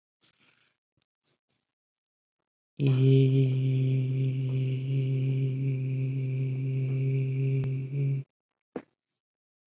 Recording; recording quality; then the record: sustained vowel as in beet; excellent, no background noise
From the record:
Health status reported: respiratory illness, not identified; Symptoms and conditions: asthma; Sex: male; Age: 26 years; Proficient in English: yes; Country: United States